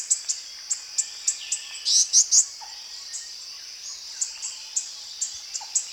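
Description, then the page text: Orange-bellied flowerpecker ticking calls: thin high notes scattered through, with a louder burst of three sharp chips midway, and a continuous insect buzz behind. Recorded at Danum. "Sound of Orange-bellied Flowerpecker at Danum by EDWARDS, David"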